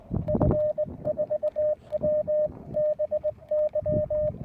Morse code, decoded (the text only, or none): F4WBY